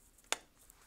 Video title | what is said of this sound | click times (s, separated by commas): XRD (X -Ray Diffraction) Sample Preparation Using Back Loaded Sample Holder | you had the distinct click this sound indicates that the Syle holder is securely locked in place | 0.3 s